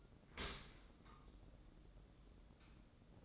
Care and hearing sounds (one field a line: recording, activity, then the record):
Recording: daily activity, microphone in the room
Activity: open dishwasher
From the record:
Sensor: 3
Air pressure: 1012.3 hPa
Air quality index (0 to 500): 158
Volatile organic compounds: 2 ppm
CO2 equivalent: 1217 ppm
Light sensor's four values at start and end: 473/1159/477/470 and 472/1156/476/469